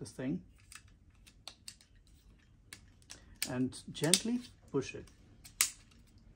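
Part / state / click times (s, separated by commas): drive tray retaining rail on a 3.5-inch hard drive / seated / 5.6 s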